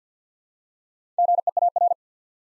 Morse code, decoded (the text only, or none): GEAR